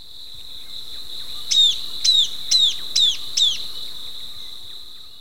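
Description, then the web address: Southern beardless-tyrannulet song: five clear high whistled notes, each falling slightly, evenly spaced about half a second apart, over a steady high insect drone. Recorded in Ecuador. "Birds of Ecuador. Southern Beardless-Tyrannulet"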